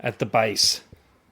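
A plastic power unit is being handled at the base of a Miele Triflex HX1 Cat & Dog upright vacuum cleaner while someone talks. Nothing has seated or clicked into the base yet.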